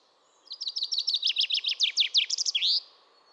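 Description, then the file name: Common chaffinch song: a rapid descending series of bright, high notes lasting over two seconds, ending in a short flourish. "Fringilla coelebs"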